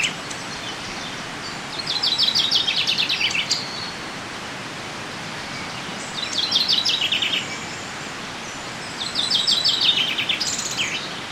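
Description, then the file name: Common chaffinch gives three song phrases, each a rattling downward cascade ending in a flourish, repeated every few seconds amid steady background noise. "Fringilla coelebs"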